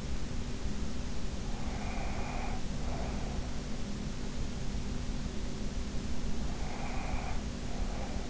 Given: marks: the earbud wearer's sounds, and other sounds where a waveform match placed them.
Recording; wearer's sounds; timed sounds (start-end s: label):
sounds in sleep by an in-ear microphone; breath
1.67-3.45 s: breath
6.50-8.30 s: breath